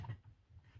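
A drive connector on an Acer Nitro 5 laptop is pressed by hand toward its motherboard socket, producing faint low-pitched handling rubs and soft bumps with a small tap near the start. Nothing has seated or clicked yet.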